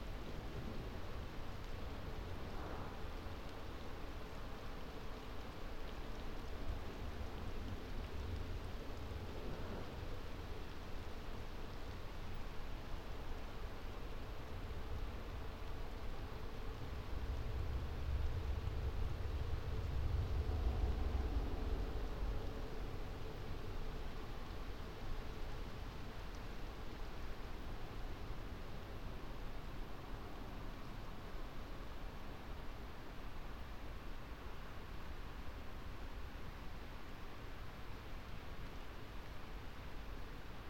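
Night rain falls on a drystone wall as a steady, dense hiss that barely changes. A deep rumble swells from about fifteen seconds, peaks around twenty, and fades by twenty-five. Faint low tones drift beneath the wash.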